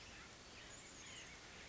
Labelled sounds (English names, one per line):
White-breasted Nuthatch